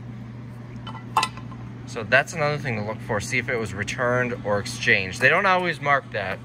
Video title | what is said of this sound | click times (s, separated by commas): I Bought 38 Pallets Sight Unseen | that's why you always check and then see it locks in place unlocks so | 1.2 s